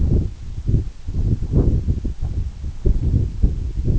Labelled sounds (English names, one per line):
none